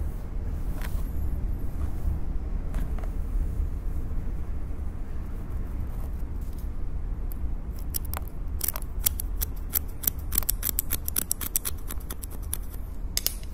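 Scissors cutting over a steady low hum. A few isolated snips come early, then from about halfway the blades close in quick, crisp bursts, a dense run of sharp clicks lasting to the end.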